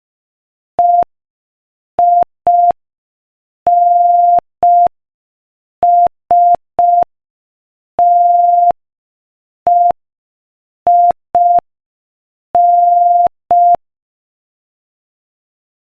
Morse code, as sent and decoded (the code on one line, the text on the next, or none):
. .. -. ... - . .. -.
EINSTEIN